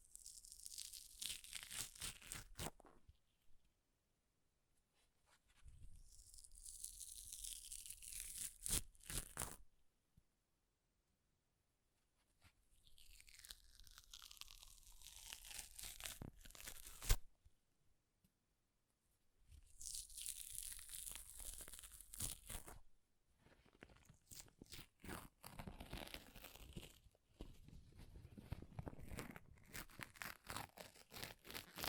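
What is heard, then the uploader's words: Paper is ripped and torn in several separate bursts, each a few seconds long, with short silent pauses between them. The tearing is bright and crackly, some rips sweeping downward in pitch, and the last stretch is denser and more continuous. ASMR Paper Ripping Tearing Sounds (No Talking).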